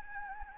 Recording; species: mosquito wingbeat signal from an infrared sensor; Anopheles gambiae